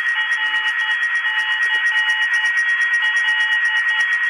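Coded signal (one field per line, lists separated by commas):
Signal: Morse code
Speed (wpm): 11 wpm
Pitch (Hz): 2900 Hz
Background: none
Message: RC L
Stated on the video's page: Aviation radio beacons in the radio beacon band, sending Morse identifiers 24 hours a day to mark a location for aircraft navigation.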